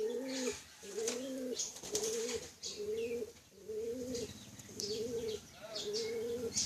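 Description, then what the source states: Bird calling with low, hollow, coo-like notes repeated roughly once a second, each held briefly, with scattered clicks, taps and faint higher chirps around them. Female bird.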